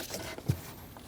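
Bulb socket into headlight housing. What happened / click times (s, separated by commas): The socket is being handled but has not locked in yet / none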